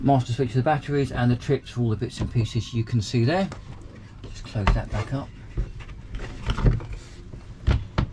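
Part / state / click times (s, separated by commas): panel access door into its catch on the boat cabinet / seated / 8.0 s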